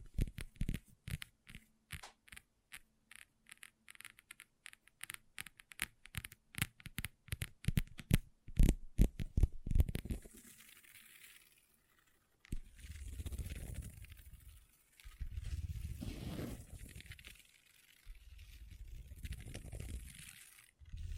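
Long nails tap rapidly and irregularly on a table for ten seconds, then scratch in slow, rough, rising-and-falling strokes until the end.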